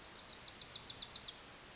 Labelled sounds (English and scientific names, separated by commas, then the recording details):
Wilson's Warbler (Cardellina pusilla)
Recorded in Sonoma County, California